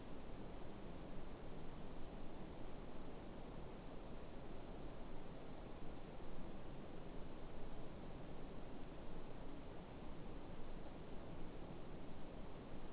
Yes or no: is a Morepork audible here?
no